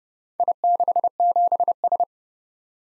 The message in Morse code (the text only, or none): I67S